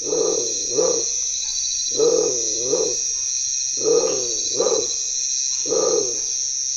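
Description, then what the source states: Bare-throated Tiger Heron giving deep, hoarse croaking calls mostly in pairs, each pair repeated about every two seconds, with a steady high hiss behind. Recorded close up at nightfall in Guatemala, when this bird begins to call; it extends its neck far outward as it gives this deep, low sound.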